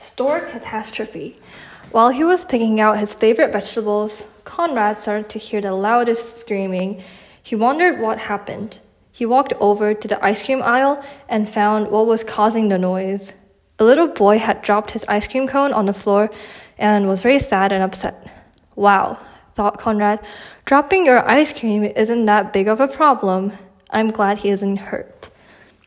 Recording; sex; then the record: reading aloud after running; female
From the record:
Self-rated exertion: moderate exertion (3 of 6); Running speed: 6 miles an hour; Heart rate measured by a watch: 85 beats a minute at the start, 93 at the end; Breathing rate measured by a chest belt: 21 breaths a minute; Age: 18 years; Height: 167 cm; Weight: 50 kg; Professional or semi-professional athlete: no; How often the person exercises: 1 to 2 times a week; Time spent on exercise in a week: 1 to 2 hours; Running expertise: no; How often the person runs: 1 to 2 times a week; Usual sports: running, walking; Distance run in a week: 1 to 2 km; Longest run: 6 km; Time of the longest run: 34 minutes